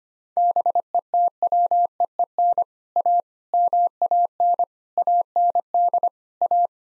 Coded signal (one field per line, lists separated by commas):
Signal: Morse code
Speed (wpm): 25 wpm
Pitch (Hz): 700 Hz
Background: none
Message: BETWEEN A MAN AND A